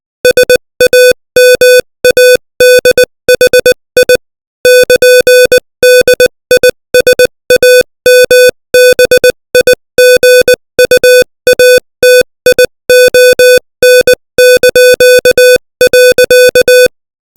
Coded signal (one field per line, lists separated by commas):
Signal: Morse code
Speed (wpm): 20 wpm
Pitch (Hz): 500 Hz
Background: music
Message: SAMADHI <KN>DISAMBIGUATION).